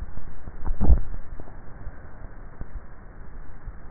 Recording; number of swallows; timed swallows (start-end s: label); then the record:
swallowing sounds by neck microphone; 1
0.65-1.98 s: swallow
From the record:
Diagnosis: dysphagia